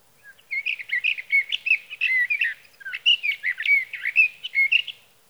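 Sage thrasher song, a long flowing series of rapid, varied warbles and slurred whistles with a brief pause midway.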